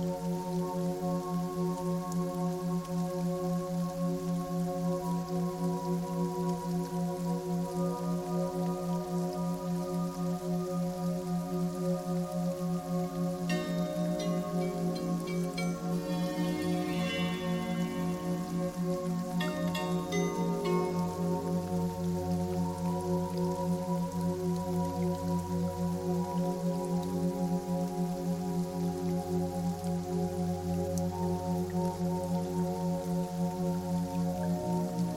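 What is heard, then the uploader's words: Steady rain hiss beneath sustained, ringing piano tones that hold evenly throughout, with brighter bell-like notes clustering briefly around the middle. Rain Sounds Plus Piano sounds.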